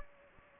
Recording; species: mosquito wingbeat signal from an infrared sensor; Anopheles gambiae